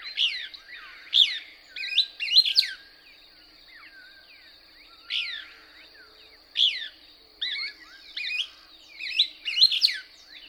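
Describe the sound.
Couch's Kingbird song, bursts of shrill, sweeping buzzy twitters in clusters separated by quiet pauses of a few seconds.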